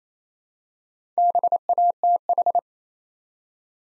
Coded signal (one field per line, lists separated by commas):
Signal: Morse code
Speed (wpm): 28 wpm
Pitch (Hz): 700 Hz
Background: none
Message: BATH